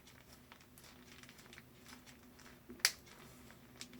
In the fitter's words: okay so you heard that click